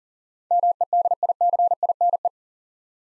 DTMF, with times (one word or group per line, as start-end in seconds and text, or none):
none